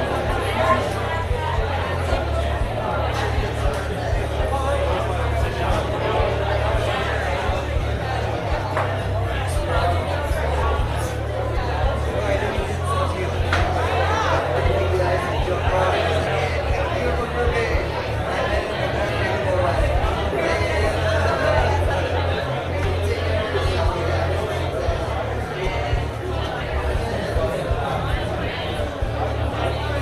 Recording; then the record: background sound without coughing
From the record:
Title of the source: CITY SOUNDS Busy Bar in the Evening Night - 2 HOURS of Ambiance for Relaxation